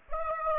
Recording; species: mosquito wingbeat signal from an infrared sensor; Aedes aegypti